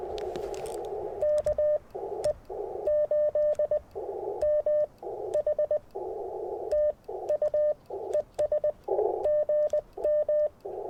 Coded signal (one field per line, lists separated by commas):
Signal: Morse code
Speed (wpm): 20 wpm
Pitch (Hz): 600 Hz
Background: none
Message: KE8MH TU ES GM